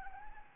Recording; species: mosquito wingbeat signal from an infrared sensor; Anopheles gambiae